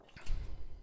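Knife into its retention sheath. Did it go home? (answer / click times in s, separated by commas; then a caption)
no / none. A knife is being handled and pushed toward its retention sheath, with soft rustling and a low rumble of handling noise that swells from about 0.25 s onward. The clip ends before the knife goes home; nothing has seated or clicked yet.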